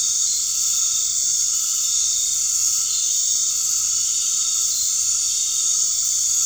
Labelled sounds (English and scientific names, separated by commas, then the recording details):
none
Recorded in dense forest near Puerto Asís, Putumayo, Colombia, on 12 March 2025 at 19:30
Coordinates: 0.485, -76.318
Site G056